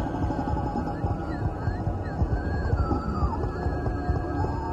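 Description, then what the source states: Dolphin whistles, a few rising and falling sweeps and one long wavering glide, over steady droning music tones and a low rumble. Dolphin sounds used in a meditation music track.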